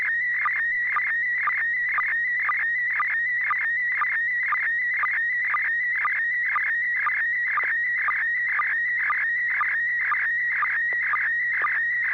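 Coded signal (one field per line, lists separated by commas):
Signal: SSTV (slow-scan television)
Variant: PD120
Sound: continuous warbling whistle around 2 kHz with short low chirps twice a second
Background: low steady hum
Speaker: I'll turn it over to you and see if you have something ready to send uh go ahead over okay this is pd120 n6 pgq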